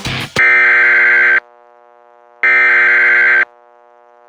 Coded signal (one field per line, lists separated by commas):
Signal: Emergency Alert System (SAME) tones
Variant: header bursts